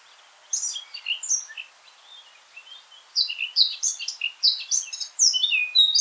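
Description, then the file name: Eurasian blackcap warbling song in two bursts, a few chattering notes first, then after a brief pause a louder run of quick, varied, twittering phrases. "Sylvia atricapilla"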